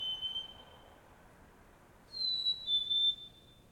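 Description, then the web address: Bird giving a clear high whistled note, then after a pause a two-part whistle slightly higher, over soft steady background noise. Solo bird call in a suburb of Montreal, Canada, early morning, with distant traffic passing. "Articulated Sounds - Nature in the City. AMB SUBURB Solo Bird Call, Early Morning, Distant Traffic Passbys, Montreal, Canada"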